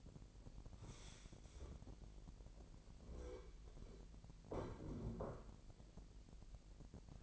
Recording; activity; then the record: daily activity, microphone in the room; stand up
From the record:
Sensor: 5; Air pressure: 1001.7 hPa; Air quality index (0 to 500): 246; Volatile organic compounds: 30 ppm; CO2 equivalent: 2949 ppm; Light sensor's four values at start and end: 49/116/48/50 and 49/115/48/50